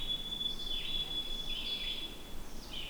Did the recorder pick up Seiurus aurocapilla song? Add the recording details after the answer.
no. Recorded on 20 June 2016 at 10:50. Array SBT-6-76